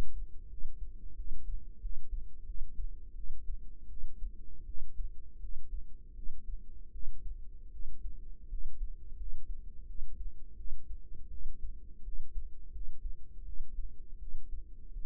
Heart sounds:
heart sounds by microphone in the right ear; 83 bpm
0.47 s: heartbeat
1.14 s: heartbeat
1.79 s: heartbeat
2.44 s: heartbeat
3.13 s: heartbeat
3.87 s: heartbeat
4.64 s: heartbeat
5.38 s: heartbeat
6.13 s: heartbeat
6.90 s: heartbeat
7.69 s: heartbeat
8.47 s: heartbeat
9.15 s: heartbeat
9.85 s: heartbeat
10.55 s: heartbeat
11.28 s: heartbeat
12.02 s: heartbeat
12.70 s: heartbeat
13.43 s: heartbeat
14.17 s: heartbeat
14.91 s: heartbeat
From the record:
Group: healthy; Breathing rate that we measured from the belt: 17 breaths a minute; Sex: female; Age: 19 years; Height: 163 cm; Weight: 48.9 kg

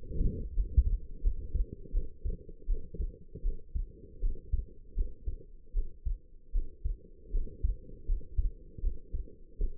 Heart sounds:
heart sounds by stethoscope; 80 bpm
0.55 s: heartbeat
1.22 s: heartbeat
1.92 s: heartbeat
2.67 s: heartbeat
3.43 s: heartbeat
4.21 s: heartbeat
4.95 s: heartbeat
5.74 s: heartbeat
6.53 s: heartbeat
7.32 s: heartbeat
8.07 s: heartbeat
8.81 s: heartbeat
9.58 s: heartbeat
From the record:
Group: healthy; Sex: female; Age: 19 years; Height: 163 cm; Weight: 51 kg

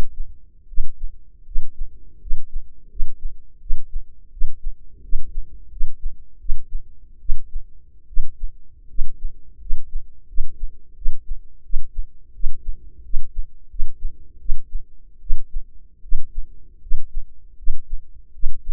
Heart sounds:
heart sounds by microphone in the left ear; 82 bpm
0.67 s: heartbeat
1.44 s: heartbeat
2.19 s: heartbeat
2.88 s: heartbeat
3.59 s: heartbeat
4.30 s: heartbeat
5.01 s: heartbeat
5.69 s: heartbeat
6.38 s: heartbeat
7.19 s: heartbeat
8.06 s: heartbeat
8.87 s: heartbeat
9.58 s: heartbeat
10.26 s: heartbeat
10.94 s: heartbeat
11.62 s: heartbeat
12.32 s: heartbeat
13.02 s: heartbeat
13.68 s: heartbeat
14.38 s: heartbeat
15.20 s: heartbeat
16.01 s: heartbeat
16.80 s: heartbeat
17.56 s: heartbeat
18.32 s: heartbeat
From the record:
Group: healthy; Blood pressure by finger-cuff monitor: 100/56 mmHg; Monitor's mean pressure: 70 mmHg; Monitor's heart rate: 79 bpm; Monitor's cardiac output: 7.3 L/min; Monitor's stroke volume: 91 mL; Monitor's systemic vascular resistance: 690 dyn s/cm5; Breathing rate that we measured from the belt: 16 breaths a minute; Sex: female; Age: 22 years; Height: 157 cm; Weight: 47.6 kg

